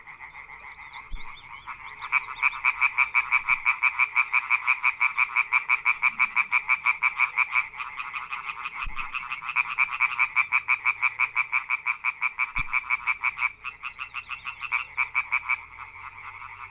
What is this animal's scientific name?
Hyla arborea